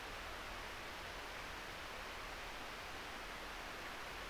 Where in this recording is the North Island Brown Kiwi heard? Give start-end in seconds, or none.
none